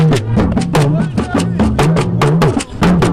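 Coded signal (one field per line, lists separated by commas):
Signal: talking drum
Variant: Yoruba hourglass drum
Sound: quick series of about a dozen drum strokes with gliding, speech-like rising and falling pitch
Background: possible music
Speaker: this drummer changes the pitch of the drum to mimic the tone and prosody of human speech.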